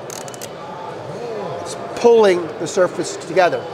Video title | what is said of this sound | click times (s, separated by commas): IWA Outdoor Classics 2023 Airguns | I pull the ratchet you can hear the clicks | 0.1 s, 0.2 s, 0.3 s, 0.4 s